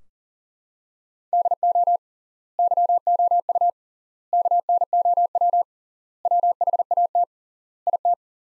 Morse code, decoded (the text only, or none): DO YOU KNOW WHAT IT